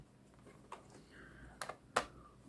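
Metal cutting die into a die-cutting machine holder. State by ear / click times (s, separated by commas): seated / 2.0 s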